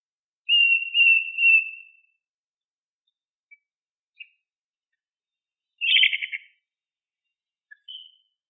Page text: シマエナガの鳴き声